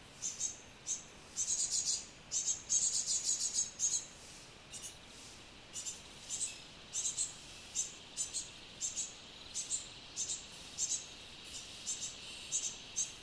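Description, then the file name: Great tit calls: very high, short notes, in quick clusters early on, then more spaced out. "Parus major"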